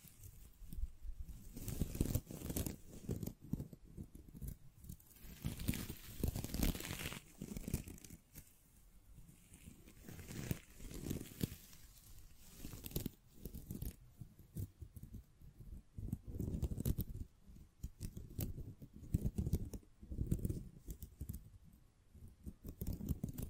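Scratching and tapping sounds come in dense, irregular bursts of rough scraping, each lasting a second or two, with brief quieter gaps between them. The strokes are mostly low and grainy with a crisp edge, and sharp taps dot the sequence throughout the 24 seconds.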